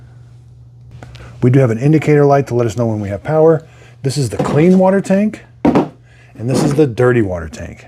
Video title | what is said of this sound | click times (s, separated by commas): Roborock Qrevo Master Robot Vacuum & Mop UNBOXING & How to SET UP Connect to App | and this snaps into place | 1.0 s, 1.2 s